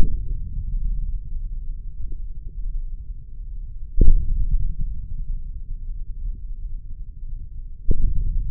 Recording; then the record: forearm muscle sounds (acoustic myography)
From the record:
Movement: hand opening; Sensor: system 3, bracelet of six PUI Audio POM-2738L microphones around the upper forearm, with dedicated amplification and filtering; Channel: 5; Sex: male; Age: 55 years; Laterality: right